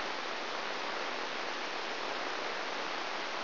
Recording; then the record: brain microelectrode recording played as sound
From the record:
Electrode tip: inside the subthalamic nucleus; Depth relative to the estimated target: 2 mm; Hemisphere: left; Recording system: AlphaMap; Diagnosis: Parkinson's disease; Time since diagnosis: 13 years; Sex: male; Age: 63 years